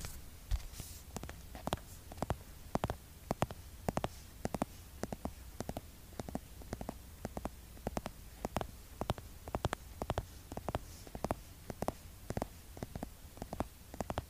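Skincare product tapping: sharp, dry taps land at an irregular but steady pace, roughly two or three per second, for the full fourteen seconds. Each tap is brief and crisp. A soft, low rumble and faint hiss sit underneath throughout.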